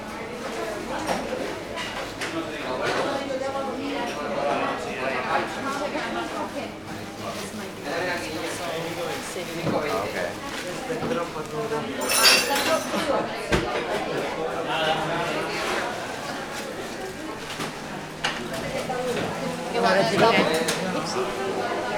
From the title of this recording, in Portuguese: Pequeno percurso na Puerta del Sol